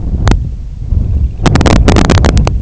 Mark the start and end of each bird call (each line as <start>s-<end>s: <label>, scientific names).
0.82s-2.62s: Calidris pusilla